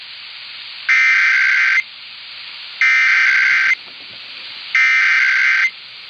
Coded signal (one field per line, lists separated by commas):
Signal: Emergency Alert System (SAME) tones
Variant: header bursts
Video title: MORE MONITORING STATIONS... EAS Tests from February 2023 (EAS #1,891 - 1,972)